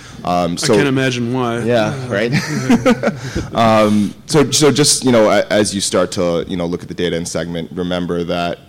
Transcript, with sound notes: I can't imagine why. [Laughs] So just, you know, as you start to, you know, look at the data and segment. remember that